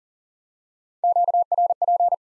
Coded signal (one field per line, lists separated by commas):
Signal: Morse code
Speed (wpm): 40 wpm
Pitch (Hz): 700 Hz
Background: none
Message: QRP